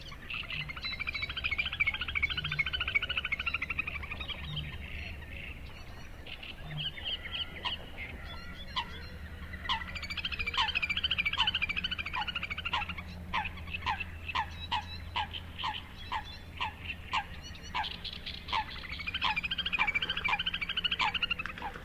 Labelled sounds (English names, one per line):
Little Grebe call